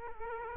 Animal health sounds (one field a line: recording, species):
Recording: mosquito wingbeat signal from an infrared sensor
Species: Culex quinquefasciatus